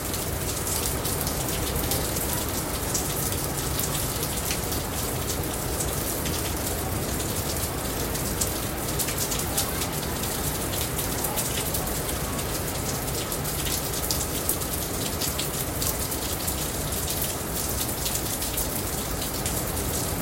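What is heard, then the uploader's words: Steady, dense rain falls on the ocean, a constant hiss filling everything from low rumble to bright fizz. Countless fine drop impacts crackle through the top without pause, and the level stays even and fairly loud for the whole twenty seconds. Capitola, California, USA in December 2023 – by Sara Maino. Quite noisy rain on the ocean.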